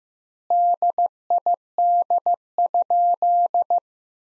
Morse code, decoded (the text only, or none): DID?